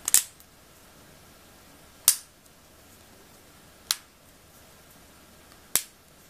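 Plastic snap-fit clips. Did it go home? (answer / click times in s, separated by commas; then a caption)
yes / 0.1 s, 2.1 s, 3.9 s, 5.8 s. The plastic back half of a Jolla Phone is pressed back onto the smartphone body, and its clips snap in around the edges one after another. Sharp, bright clicks are heard at 0.1 s, 0.1 s, 2.1 s, 3.9 s and 5.8 s over a quiet background, leaving the back cover seated in place.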